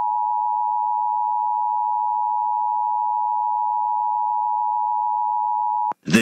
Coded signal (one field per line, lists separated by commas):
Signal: Emergency Alert System (SAME) tones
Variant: 853 and 960 Hz attention tone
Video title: Two Days Before Fireworks Tests (EAS #20044-20055) 7/2/24